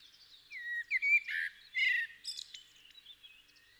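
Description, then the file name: Common blackbird song: a few fluted whistles followed by scratchy, higher twittering notes. "Turdus merula"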